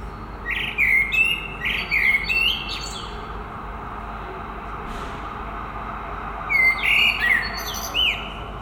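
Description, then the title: Common blackbird song: low fluting warbled phrases, each ending in a high squeaky twitter, several early and more near the end, over steady background hum. Recorded in the Marolles district of Brussels, Belgium, by a residence building; Sony PCM-M10 recorder with binaural microphones, meant for headphone listening. "Marolles, 1000 Bruxelles, Belgique - Résidence Sainte-Gertrude - Merle - Blackbird"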